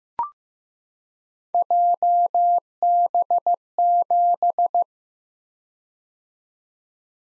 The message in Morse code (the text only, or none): JB7